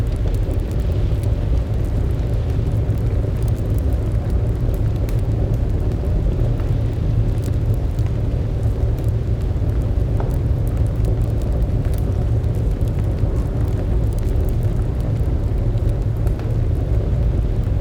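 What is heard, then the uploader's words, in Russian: A fireplace burns with a dense, steady low rumble that holds the same level throughout. Sharp crackles and pops break through often and irregularly, with a brighter snap near the ten-second mark. Behind it, a soft constant roar like wind outside fills the background. Самый Уютный Зимний Камин. Громко трещащим камином, в то время как за окном мягко стучит зимняя буря. Потрескивание огня.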